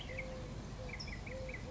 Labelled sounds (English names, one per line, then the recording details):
California Towhee
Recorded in Sonoma County, California